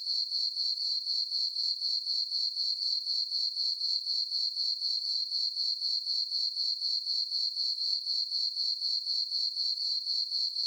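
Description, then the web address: Crickets give high, regular chirps, roughly four per second, unbroken from start to finish. Crickets chirping as a night ambience. "Animal, Crickets, Chirp, Ambience, Night, Insect, Bug"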